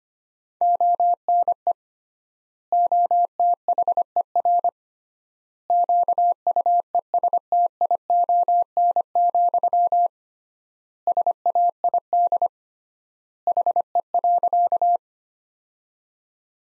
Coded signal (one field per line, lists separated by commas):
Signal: Morse code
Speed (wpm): 25 wpm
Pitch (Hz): 700 Hz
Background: none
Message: ONE OTHER QUESTION, SAID HE.